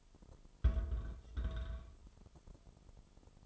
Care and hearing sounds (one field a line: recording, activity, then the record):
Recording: daily activity, microphone in the room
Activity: place on stove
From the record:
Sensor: 5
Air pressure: 988.4 hPa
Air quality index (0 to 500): 204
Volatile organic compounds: 83 ppm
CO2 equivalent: 3631 ppm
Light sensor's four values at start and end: 48/140/55/60 and 48/141/55/60